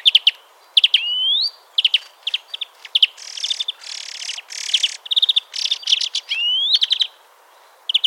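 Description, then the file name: European greenfinch giving rapid clipped twitters and two upward-sweeping wheezy notes, with a stretch of harsh buzzy rasping in the middle. "Chloris chloris"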